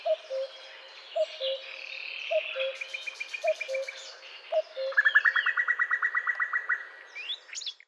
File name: Coucou gris